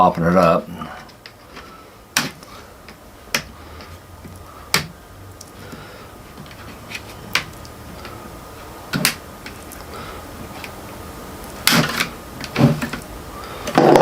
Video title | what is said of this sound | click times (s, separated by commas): ASUS TUFF FX706H Replacing Screen | I'm going to work my way around this thing and it just kind of snaps in place | 2.2 s, 4.7 s, 7.3 s, 9.1 s, 11.7 s